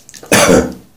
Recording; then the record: coughing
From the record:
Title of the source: Spring Cold Coughing 3